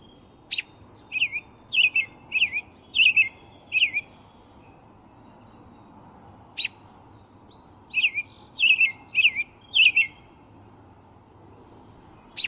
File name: american robin